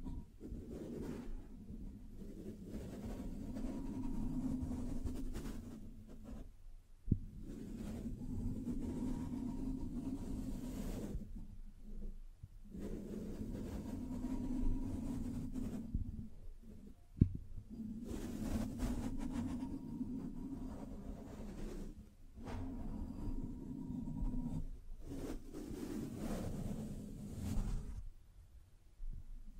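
Scratching and tracing sounds in long, low rubbing strokes of about four to five seconds each, separated by short pauses. A faint higher tone rides along with some strokes, and sharp taps punctuate the breaks near seven and seventeen seconds.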